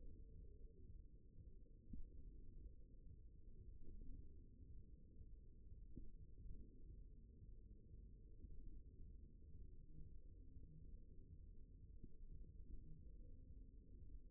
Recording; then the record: forearm muscle sounds (acoustic myography)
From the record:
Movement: thumb flexion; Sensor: system 1, eight BSWA MPA416 microphones around the upper forearm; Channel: 4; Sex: male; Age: 54 years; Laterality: right